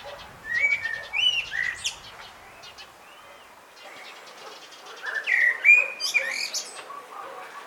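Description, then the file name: Common blackbird song: two phrases of low fluted warbling that end in high squeaky twitters, separated by a quiet pause. "Turdus merula"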